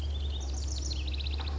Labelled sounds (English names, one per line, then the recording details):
House Wren
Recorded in Sonoma County, California